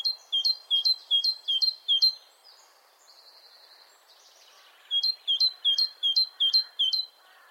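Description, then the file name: Great tit song in two bouts of rhythmic two-note phrases, with soft buzzy notes between them. "Parus major"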